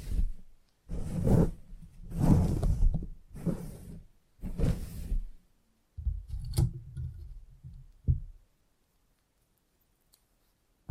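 Head massage in a salon: repeated rubbing and rustling strokes over the scalp, each lasting about a second, come in a steady rhythm for the first six seconds. Softer, lower rubbing follows with a sharp click near 6.5 seconds, then silence after 8 seconds.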